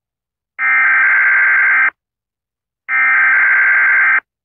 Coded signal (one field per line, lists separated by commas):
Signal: Emergency Alert System (SAME) tones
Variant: header bursts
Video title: Seattle nuclear attack (Mock EAS activation)